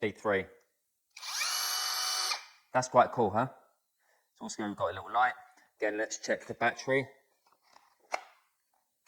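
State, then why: Seated. A CAT cordless drill runs briefly at its third speed from about 1.2 to 2.4 seconds while someone talks. The 18 V slide-on battery pack is taken off and slid back onto the drill, latching with a sharp, positive click at 8.1 seconds.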